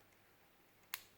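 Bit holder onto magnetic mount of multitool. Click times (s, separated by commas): 0.9 s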